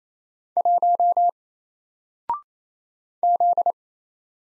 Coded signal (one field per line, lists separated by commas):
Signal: Morse code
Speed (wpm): 28 wpm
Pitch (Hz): 700 Hz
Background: none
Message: 1 Z